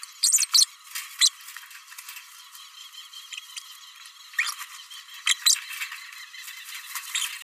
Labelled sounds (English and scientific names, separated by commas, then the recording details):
Green-rumped Parrotlet (Forpus passerinus) babbling
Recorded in a nest box in Venezuela
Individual 18B104A3